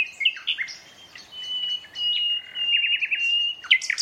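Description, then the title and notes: Common nightingale sings a sustained clear whistle broken by quick rolling notes, with short chirping phrases before and after. Two male nightingales in competitive duet at dusk, dense thorn thicket in north Dorset countryside woodland, during the dusk chorus. "An astonishing nightingale duet in a Dorset woodland. In a dense thicket of thorn, a single nightingale starts to sing - drowning out the tractor mowing the year's first silage. Its performance attracts the attention of another male, who moves in closer and soon a competitive duet fills the night"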